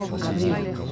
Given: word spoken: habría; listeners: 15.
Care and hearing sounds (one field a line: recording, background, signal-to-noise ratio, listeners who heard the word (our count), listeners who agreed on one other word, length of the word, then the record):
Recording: one Spanish word in noise, from a listening test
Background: eight-talker babble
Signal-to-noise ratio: -1.1 dB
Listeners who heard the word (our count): 0 of 15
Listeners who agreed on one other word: 8 of 15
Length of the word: 0.52 s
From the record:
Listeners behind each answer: 8, 1, 1, 1, 1, 1, 1, 1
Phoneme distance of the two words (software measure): 14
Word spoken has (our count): 3 syllables, 5 phonemes, stress on syllable 2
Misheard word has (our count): 2 syllables, 5 phonemes, stress on syllable 2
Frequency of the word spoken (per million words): 149.18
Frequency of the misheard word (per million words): 57.52